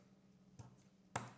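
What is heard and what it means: A 3D-printed plastic catch for a kitchen lid string, redesigned with a small positive click so the lid can stay closed while the cabinet door is open, is pressed into its mount in a kitchen cabinet. A faint tap at 0.6 s is followed by a sharp, short click at 1.2 s as the catch seats into place.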